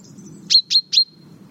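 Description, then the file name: Common chaffinch calls: three sharp, clipped notes in quick succession, each ending in a brief thin tone, over a low background rumble. "Fringilla coelebs"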